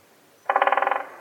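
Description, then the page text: Great spotted woodpecker drumming: one rapid roll of about a dozen evenly spaced knocks lasting half a second. "Птицы России - Большой пёстрый дятел"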